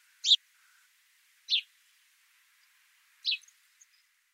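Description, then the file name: House sparrow calling: three loud, clipped chirps spaced more than a second apart, with quiet pauses in between. "Passer domesticus"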